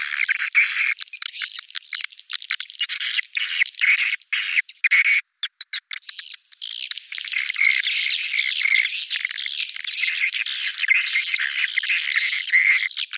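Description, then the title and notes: Swiftlet chirping calls, continuous shrill twittering with clicky bursts, a brief near-silent gap around five seconds, then the dense chatter resumes. Sound used in swiftlet farming in Asia. "Swiflet Bird Sound. Farming Swiflet Bird asia sound"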